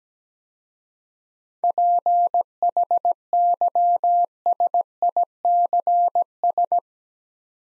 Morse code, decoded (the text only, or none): PHYSICS